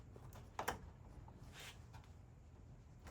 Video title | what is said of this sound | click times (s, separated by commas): Ford Ranger Gurgling or Swishing Sound Behind the Dash FIXED! - Easy Coolant Air Bubble Solution | So once you find the right one, you got to make sure you push this down far enough. And then this locks into place | 0.6 s, 0.7 s